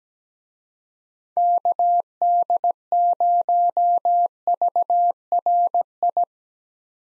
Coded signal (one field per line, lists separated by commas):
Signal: Morse code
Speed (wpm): 17 wpm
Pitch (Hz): 700 Hz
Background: none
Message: KD0VRI